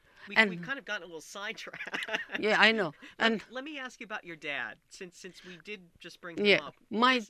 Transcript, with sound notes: We've kind of gotten a little sidetracked. ( he laughs )
Yeah, I know. And . . .
Let me ask you about your dad, since we did just bring him up.